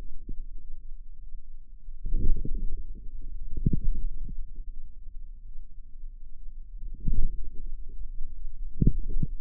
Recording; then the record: forearm muscle sounds (acoustic myography)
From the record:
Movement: inward rotation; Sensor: system 2, bracelet of six BSWA MPA416 microphones around the upper forearm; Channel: 4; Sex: female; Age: 23 years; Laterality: right